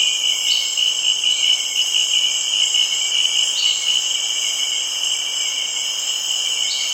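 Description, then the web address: Steady shrill insect chorus, overlapping high whining tones running without break, with occasional short surges in one voice. Early evening in tropical rain forest at Kribi, Cameroon. "BBC Africa Cameroon. kribi early evening tropical rain forest atmosphere with insects and frogs"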